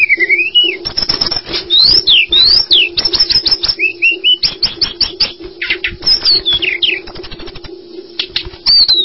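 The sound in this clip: Bird song of varied sharp whistles and chirps, fast and busy, over a constant low hum with frequent clicking taps.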